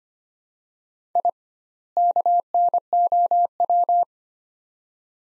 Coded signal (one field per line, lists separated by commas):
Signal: Morse code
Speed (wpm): 25 wpm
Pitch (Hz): 700 Hz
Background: none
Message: I KNOW